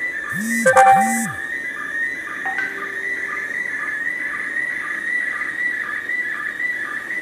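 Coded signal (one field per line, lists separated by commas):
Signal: SSTV (slow-scan television)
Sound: continuous warbling whistle tone shifting pitch, with brief low whooshes and clatter at start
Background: radio static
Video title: SSTV images from ISS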